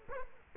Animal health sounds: mosquito wingbeat signal from an infrared sensor; Culex quinquefasciatus

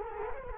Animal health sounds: mosquito wingbeat signal from an infrared sensor; Culex quinquefasciatus

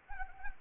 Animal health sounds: mosquito wingbeat signal from an infrared sensor; Anopheles arabiensis

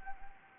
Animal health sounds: mosquito wingbeat signal from an infrared sensor; Anopheles gambiae

